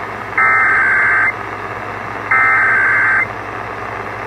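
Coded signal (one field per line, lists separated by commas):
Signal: Emergency Alert System (SAME) tones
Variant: header bursts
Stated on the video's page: National periodic test received on AM radio.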